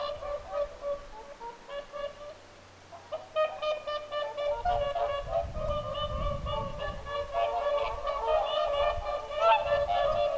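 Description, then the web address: Whooper swans calling, a few sparse honks at first, then a dense, loud chorus of trumpeting from about three seconds on, over low rumble. Whooper swans calling at Lintulahti on 6 November 2025. "paivat 6 11 2025 laulujoutsenten aantelya lintulahdella"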